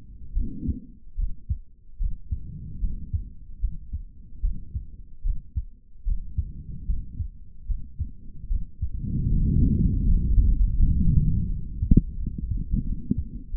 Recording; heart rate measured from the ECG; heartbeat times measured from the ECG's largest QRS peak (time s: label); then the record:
heart sounds by stethoscope; 77 bpm
0.33 s: heartbeat
1.16 s: heartbeat
1.98 s: heartbeat
2.80 s: heartbeat
3.60 s: heartbeat
4.41 s: heartbeat
5.23 s: heartbeat
6.04 s: heartbeat
6.86 s: heartbeat
7.67 s: heartbeat
8.48 s: heartbeat
9.28 s: heartbeat
10.05 s: heartbeat
10.75 s: heartbeat
11.48 s: heartbeat
12.17 s: heartbeat
12.84 s: heartbeat
13.50 s: heartbeat
From the record:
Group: healthy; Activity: rest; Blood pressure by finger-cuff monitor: 115/93 mmHg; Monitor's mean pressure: 101 mmHg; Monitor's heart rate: 75 bpm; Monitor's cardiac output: 3.3 L/min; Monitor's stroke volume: 45 mL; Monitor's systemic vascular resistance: 2270 dyn s/cm5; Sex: male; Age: 55 years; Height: 167 cm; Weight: 57.2 kg